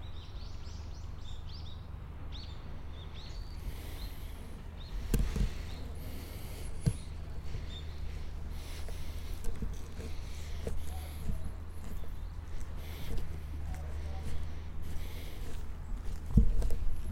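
Recorded at Nijō Castle in Kyoto, Japan, a steady low rumble runs throughout, with faint voices and scattered footsteps or knocks. Sharp clacks stand out near five, seven and sixteen seconds, and a few brief bird-like chirps come early on.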